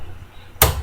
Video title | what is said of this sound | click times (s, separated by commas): Tutorial on threading a Sears Kenmore and a 1949 Singer May 21, 2013 | all right there you go did you hear that pop | 0.6 s